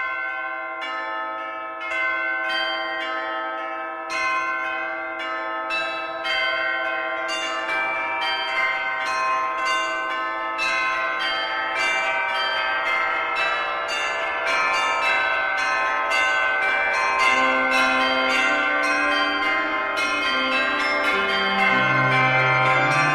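Warm instrumental music of bright, bell-like struck notes that ring on and overlap in a steady, regular pulse. A lower line of stepping notes enters around the midpoint and grows more prominent toward the end as the whole piece slowly swells in loudness.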